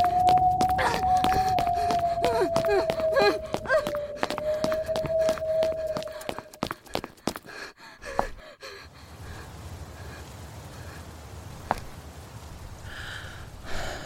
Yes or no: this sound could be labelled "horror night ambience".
yes